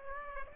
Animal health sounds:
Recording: mosquito wingbeat signal from an infrared sensor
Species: Aedes aegypti

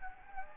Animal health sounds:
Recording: mosquito wingbeat signal from an infrared sensor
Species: Anopheles gambiae

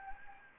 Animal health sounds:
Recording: mosquito wingbeat signal from an infrared sensor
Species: Anopheles gambiae

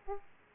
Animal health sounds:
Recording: mosquito wingbeat signal from an infrared sensor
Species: Aedes aegypti

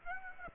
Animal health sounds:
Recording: mosquito wingbeat signal from an infrared sensor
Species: Aedes aegypti

